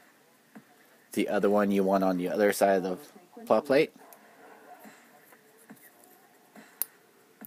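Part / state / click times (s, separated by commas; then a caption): magnet contact piece into plastic model kit plate / seated / 6.8 s. Someone talks while a plastic part, the second magnet contact piece for the LED power supply, is pressed into the plate on the other side of a 1/60 AGX-04 Gerbera Tetra plastic model kit. After a few faint handling ticks, a sharp snap at 6.8 s marks the piece seating firmly in the plate.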